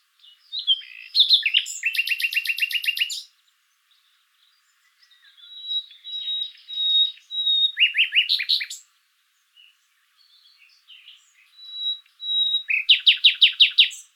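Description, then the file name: Common nightingale song with rapid rattling notes, a pause, then soft whistles building into fast repeated chattering phrases. "Luscinia megarhynchos"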